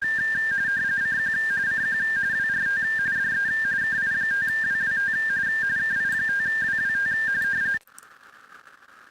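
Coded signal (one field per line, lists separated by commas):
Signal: RTTY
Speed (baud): 45.45 baud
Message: CQ CQ WRT DE KI5WWT KI5WWT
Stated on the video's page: Weekly RTTY contest on an FTDX10 at 40 watts into a Palomar Bullet 71 ft end-fed antenna.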